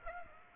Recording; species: mosquito wingbeat signal from an infrared sensor; Aedes aegypti